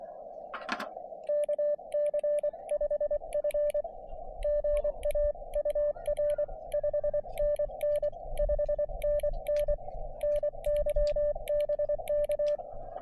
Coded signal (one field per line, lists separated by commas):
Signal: Morse code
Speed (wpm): 24 wpm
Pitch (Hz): 590 Hz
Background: radio noise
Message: KC5F GA UR 5NN 5NN NYBK